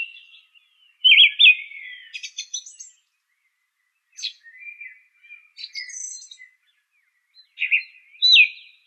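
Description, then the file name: Song thrush song, a string of varied clear whistled and rattling phrases with short pauses between bursts, some notes sweeping upward sharply; no other sounds. "suara kicauan burung song thrush. omkicau"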